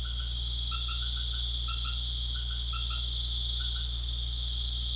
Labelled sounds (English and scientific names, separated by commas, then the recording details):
none
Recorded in pastures near Puerto Asís, Putumayo, Colombia, on 13 March 2025 at 20:00
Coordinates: 0.505, -76.324
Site GP08